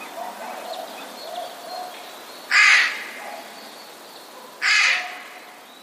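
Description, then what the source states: Eurasian jay scolding with two harsh, noisy screeches about two seconds apart. Alarm call; recorded 5 March 2016.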